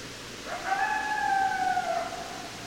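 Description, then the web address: Coyote howl, a single drawn-out tone rising slightly then gently falling over about two seconds against a hissy background. Recorded 10 December 2012. "sounds mammals Coyote 2012 12 10 Coyotes"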